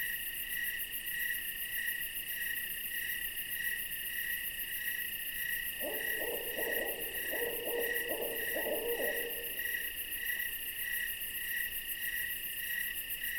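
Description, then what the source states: Owl call, a wavering, trilled phrase of roughly four seconds, heard over a constant high buzzing of crickets. An owl visiting.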